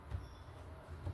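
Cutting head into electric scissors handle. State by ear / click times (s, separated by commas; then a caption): not seated / none. The cutting head of a pair of cordless electric scissors is slid gently down onto the scissors' handle. Only a low, steady rumble is heard, with a couple of soft low thumps near 0.1 s and 1.1 s. The head has not seated or locked into place yet.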